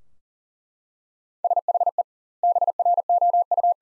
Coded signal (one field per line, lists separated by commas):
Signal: Morse code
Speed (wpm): 40 wpm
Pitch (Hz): 700 Hz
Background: none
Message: SHE BROU